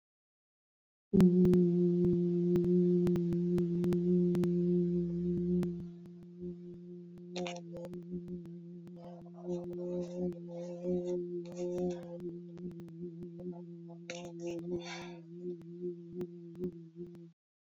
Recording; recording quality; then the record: sustained vowel as in boot; excellent, no background noise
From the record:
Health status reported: healthy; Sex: female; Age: 54 years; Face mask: not worn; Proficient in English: yes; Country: France